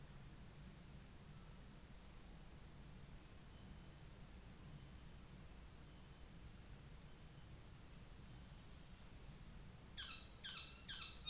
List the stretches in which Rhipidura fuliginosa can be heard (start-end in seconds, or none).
2.57-5.67